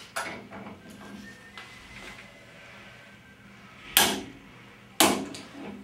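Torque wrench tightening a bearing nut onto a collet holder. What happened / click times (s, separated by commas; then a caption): Torque wrench clicks at setting / 4.0 s, 5.0 s. A torque wrench set to 70 foot-pounds tightens a bearing nut onto a collet holder fitted with a collet and a simulated shank. After a faint sharp tap near the start and quiet ratcheting, two loud sharp clicks ring out at 4.0 s and 5.0 s. The nut is confirmed torqued to 70 foot-pounds.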